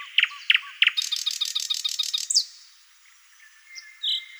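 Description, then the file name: Thrush nightingale song: three sharp clicking notes, then a fast, even, buzzy rattle that ends in a whistled flick, followed by quiet and a few faint high notes. "solovey obyknovennyy golos"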